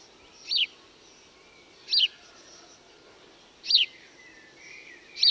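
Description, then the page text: House sparrow calls: short sharp chirps, four spaced over about five seconds, over a steady background hiss. Song and calls of a house sparrow, recorded at Cowley, Gloucestershire, England. "House Sparrows (Passer domesticus). Bozi e cantu di un biddisò"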